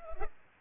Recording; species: mosquito wingbeat signal from an infrared sensor; Culex pipiens